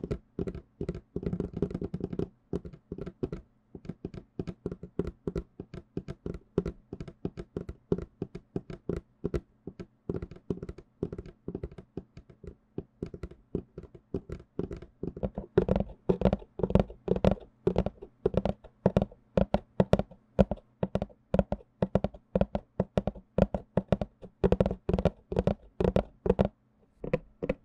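Fingers tap rapidly on cardboard cups, a dense stream of short, hollow knocks with slight pauses between quick bursts. The tapping sounds thicker in the first two seconds, then stays busy and fairly even, growing a little louder and fuller after about fifteen seconds.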